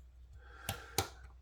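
A part of a Kubey Masterchief folding knife with G10 scales, steel parts and AUS-10 steel is worked at the back end of the handle during reassembly until it drops into the knife frame. A smaller sharp tick at 0.7 s comes first, then a louder, sharp click at 1.0 s as the part seats. A faint low hum runs underneath.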